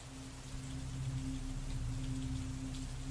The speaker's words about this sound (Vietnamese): Trong mưa gió rít gào, cơ hồ có thể nghe được tiếng oan hồn đã bắt đầu than khóc văng vẳng khắp nơi.